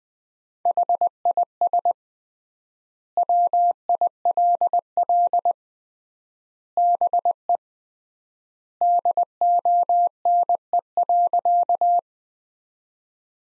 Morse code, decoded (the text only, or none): HIS WILL BE DONE.